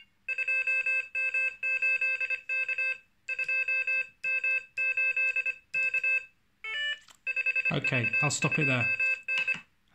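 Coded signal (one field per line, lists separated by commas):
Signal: Morse code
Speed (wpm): 25 wpm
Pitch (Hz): 2600 Hz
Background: speech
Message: 2M8K 2M8K 5V2N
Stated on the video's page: Morse generated by a Morserino-32 in echo trainer mode.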